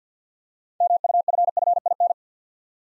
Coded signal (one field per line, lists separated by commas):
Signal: Morse code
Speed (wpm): 47 wpm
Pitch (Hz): 700 Hz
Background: none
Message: MUFFIN